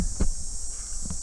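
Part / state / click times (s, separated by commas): channel nut into steel strut channel / not seated / none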